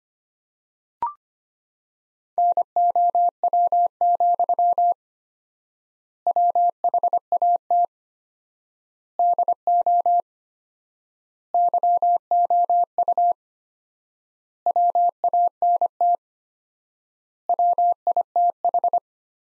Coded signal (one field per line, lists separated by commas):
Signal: Morse code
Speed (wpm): 25 wpm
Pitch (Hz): 700 Hz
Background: none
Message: NOW, WHAT DO YOU WANT WITH